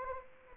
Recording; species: mosquito wingbeat signal from an infrared sensor; Anopheles arabiensis